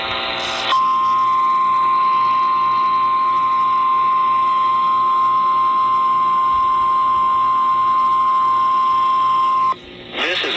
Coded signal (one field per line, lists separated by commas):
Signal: Emergency Alert System (SAME) tones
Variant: 1050 Hz attention tone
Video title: RMT On WIYY-FM (EAS# Unknown)